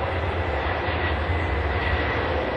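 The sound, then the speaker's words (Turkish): Steady, unbroken roar of an airplane engine heard from inside the cabin, a deep low rumble with a broad hissing wash on top, holding an even loudness throughout with no voices. “Kahramanlarımız tekrar uçaklarındalar. Gerçekten. İnanmazsanız bakın. Dinleyin.”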